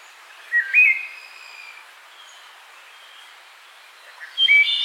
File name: Hylocichla mustelina - Wood Thrush